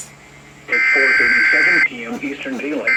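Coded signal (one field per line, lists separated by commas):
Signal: Emergency Alert System (SAME) tones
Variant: header bursts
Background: speech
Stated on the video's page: One of 53 EAS alerts recorded over about ten hours in a single day.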